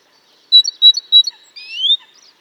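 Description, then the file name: Great tit giving a few bright, emphatic high notes followed by a drawn-out rising slurred whistle. "Parus major"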